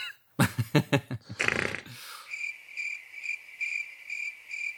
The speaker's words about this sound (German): Ich fand so ein Grillenzirpen viel besser.